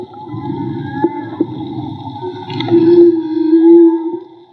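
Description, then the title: Whale song fragment: a rough low rumbling grunt followed by a smooth sustained tonal moan, with faint clicks. Whale song captured with a hydrophone in the Gulf of Tribugá. "CANTO DE BALLENAS CON UN HIDROFONO MAGMA"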